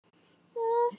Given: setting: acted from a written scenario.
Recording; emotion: vocal sound without words; serenity